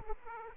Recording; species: mosquito wingbeat signal from an infrared sensor; Aedes aegypti